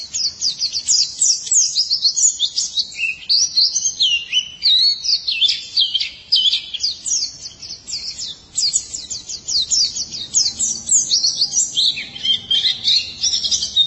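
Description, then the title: White-eye delivering an unbroken, high, tumbling warble of quick rising and falling chirps that runs for the whole stretch. "Kicauan Burung Pleci Durasi Panjang"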